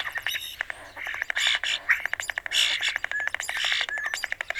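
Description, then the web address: European starling singing a fast medley of dry clicks, rattling trills, harsh wheezes and short slurred whistles. "Songs of Birds of North America Know Your Bird Sounds Common Western Species. European Starling"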